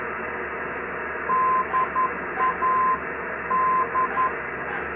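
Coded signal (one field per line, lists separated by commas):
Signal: Morse code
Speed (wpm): 11 wpm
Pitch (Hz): 1030 Hz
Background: radio noise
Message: DAD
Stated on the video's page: 200 kHz non-directional beacon in Brazil, received on an Icom IC-R75 with a magnetic mini loop antenna.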